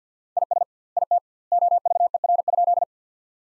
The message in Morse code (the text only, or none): IS IT OVER?